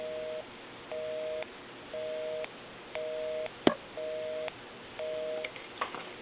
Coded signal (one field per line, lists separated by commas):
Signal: telephone call progress tone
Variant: North America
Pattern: busy tone